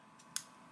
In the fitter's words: So if we pop that down, there we go, it nicely locks into place.